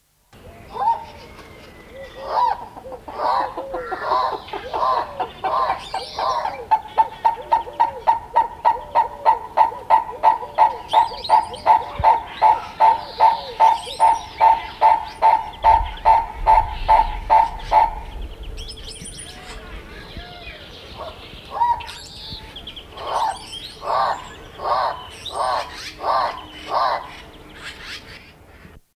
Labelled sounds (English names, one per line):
Purple-crested Turaco call